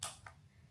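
A Lancôme L'Absolu Drama Matte lipstick in the shade Orange Sanguine, with a click-up case, is worked by hand. Two sharp, bright ticks ring out at 0.0 s and 0.3 s, the first louder. The cap or mechanism clicks into position.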